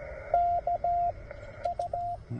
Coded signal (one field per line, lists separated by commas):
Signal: Morse code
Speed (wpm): 16 wpm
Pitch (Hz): 690 Hz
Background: radio noise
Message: K U